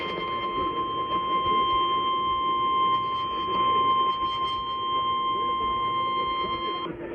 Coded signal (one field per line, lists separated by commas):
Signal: Emergency Alert System (SAME) tones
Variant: 1050 Hz attention tone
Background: speech